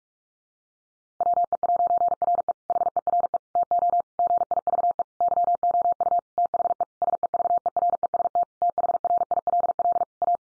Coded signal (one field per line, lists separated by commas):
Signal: Morse code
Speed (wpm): 44 wpm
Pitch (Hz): 700 Hz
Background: none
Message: WE'RE HERE TO GIVE YOU THE SEVEREST THRILL A